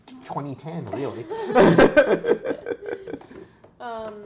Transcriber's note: laughs